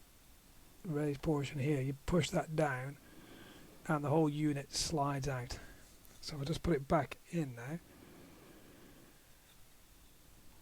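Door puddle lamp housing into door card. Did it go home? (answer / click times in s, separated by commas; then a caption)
no / none. A plastic door puddle lamp housing on a Jaguar XK8 (X100) is handled and lined up to refit into the door card while someone talks. Only speech and faint handling are heard, with no hits or sharp sounds. Nothing has clicked into place yet.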